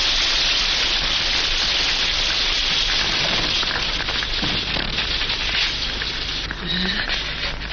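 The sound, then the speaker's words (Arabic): Steady rain pours down in a continuous dense hiss, loud and unbroken throughout, with scattered heavier patters and splashes mixed into the wash. “قعدت ادور على الفيلا تهت ونزلت المطر، شفت النور من بعيد قلت اجري على هنا.”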